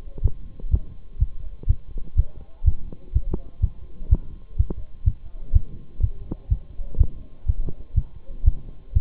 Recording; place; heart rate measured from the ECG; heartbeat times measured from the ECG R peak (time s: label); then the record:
heart sounds by stethoscope; between the tricuspid and mitral areas; 124 bpm
0.24 s: heartbeat
0.73 s: heartbeat
1.21 s: heartbeat
1.69 s: heartbeat
2.18 s: heartbeat
2.67 s: heartbeat
3.15 s: heartbeat
3.63 s: heartbeat
4.11 s: heartbeat
4.58 s: heartbeat
5.06 s: heartbeat
5.55 s: heartbeat
6.03 s: heartbeat
6.51 s: heartbeat
6.99 s: heartbeat
7.48 s: heartbeat
7.96 s: heartbeat
8.46 s: heartbeat
8.95 s: heartbeat
From the record:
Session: Bruce protocol treadmill stress test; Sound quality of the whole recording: partially saturated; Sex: male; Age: 23 years